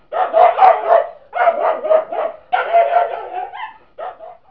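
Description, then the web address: Animal barking in three quick bursts of rough, rapid barks, each burst holding three or four barks, followed by a short final yap; no other sounds. "动物的叫声"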